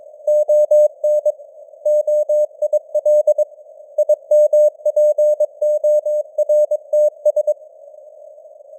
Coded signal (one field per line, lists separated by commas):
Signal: Morse code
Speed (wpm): 22 wpm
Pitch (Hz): 600 Hz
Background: none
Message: ON OIL IMPORTS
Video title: Morse Code News | 2025-10-31 | 22wpm